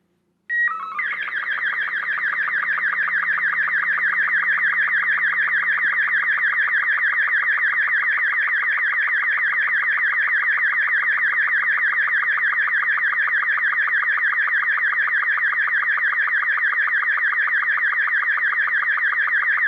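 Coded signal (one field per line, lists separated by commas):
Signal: SSTV (slow-scan television)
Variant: Robot 36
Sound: brief calibration tones, then a warbling tone with quick regular ticks about seven a second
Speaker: I've got it currently set up for slow scan TV and a slow scan TV test card so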